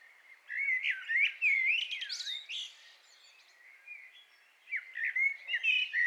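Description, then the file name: Common blackbird song: a loud, flowing warbled phrase with swooping fluty notes and a squeaky ending, then a second fluted phrase after a short gap. "Turdus merula"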